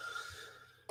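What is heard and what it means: A part of a large-scale Leopard 2A6 tank model kit is handled and pushed toward its mounting on the kit. Soft, steady background hiss fades over most of the clip, then a brief, sharp burst of sound hits at 0.9 s, right at the end. Nothing has seated or locked into place yet, and it is uncertain whether the part is meant to lock.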